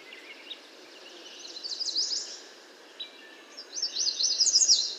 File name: American Yellow Warbler Setophaga aestiva